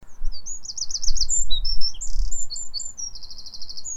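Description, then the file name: Eurasian wren singing a loud, rapid, high-pitched song of fast trills and sharp notes, delivered almost without pause, over a low background rumble. "Troglodytes troglodytes"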